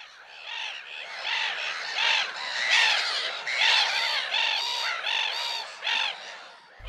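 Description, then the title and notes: Black-headed Gulls calling, many harsh, squawking cries overlapping in a dense chorus, rising and falling in waves with no pauses. "Viikon luontoääni: Naurulokki. Asko Hauta-aho"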